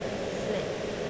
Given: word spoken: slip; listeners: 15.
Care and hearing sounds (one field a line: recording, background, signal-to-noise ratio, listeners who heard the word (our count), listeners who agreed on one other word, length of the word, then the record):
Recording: one English word in noise, from a listening test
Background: speech-shaped noise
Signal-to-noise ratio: -6.1 dB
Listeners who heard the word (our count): 4 of 15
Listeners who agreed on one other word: 8 of 15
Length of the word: 0.70 s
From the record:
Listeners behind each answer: 8, 4, 1, 1, 1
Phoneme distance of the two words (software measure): 10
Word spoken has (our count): 1 syllable, 4 phonemes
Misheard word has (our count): 1 syllable, 4 phonemes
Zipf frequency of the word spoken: 4.33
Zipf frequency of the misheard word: 3.63